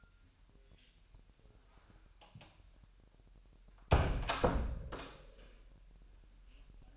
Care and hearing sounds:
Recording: daily activity, microphone in the room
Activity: close door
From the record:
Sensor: 2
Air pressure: 1001.1 hPa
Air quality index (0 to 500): 249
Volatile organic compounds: 95 ppm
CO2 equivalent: 3719 ppm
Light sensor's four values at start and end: 9/23/9/9 and 9/22/9/9

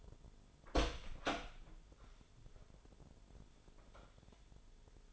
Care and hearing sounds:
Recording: daily activity, microphone in the room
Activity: open door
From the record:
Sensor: 5

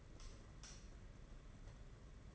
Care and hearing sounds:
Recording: daily activity, microphone in the room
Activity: light off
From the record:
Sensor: 4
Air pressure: 992.7 hPa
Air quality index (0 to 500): 167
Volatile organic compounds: 232 ppm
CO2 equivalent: 4311 ppm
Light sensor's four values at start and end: 4/9/4/4 and 4/8/3/3

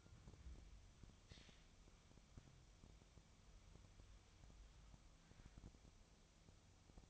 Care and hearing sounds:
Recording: daily activity, microphone in the room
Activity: wipe stove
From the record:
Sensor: 1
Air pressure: 1004.9 hPa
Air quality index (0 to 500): 72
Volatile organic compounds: 1 ppm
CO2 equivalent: 959 ppm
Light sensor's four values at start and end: 9/23/9/10 and 9/23/9/10

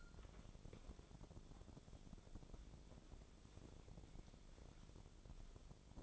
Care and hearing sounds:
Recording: daily activity, microphone in the room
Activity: wipe stove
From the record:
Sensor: 5

